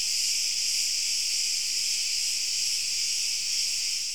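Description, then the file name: Crickets giving a steady, shimmering high trill that never pauses, filling the whole short stretch. Crickets alone, with no other sounds. "Grillen Rein"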